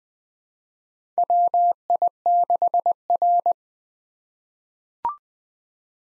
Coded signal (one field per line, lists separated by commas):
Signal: Morse code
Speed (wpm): 20 wpm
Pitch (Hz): 700 Hz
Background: none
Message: WI6R